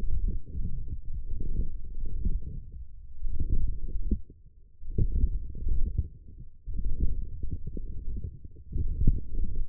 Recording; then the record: forearm muscle sounds (acoustic myography)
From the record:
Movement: forearm pronation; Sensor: system 1, eight BSWA MPA416 microphones around the upper forearm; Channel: 3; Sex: male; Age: 23 years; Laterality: right